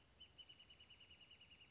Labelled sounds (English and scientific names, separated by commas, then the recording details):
Wrentit (Chamaea fasciata)
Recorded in Sonoma County, California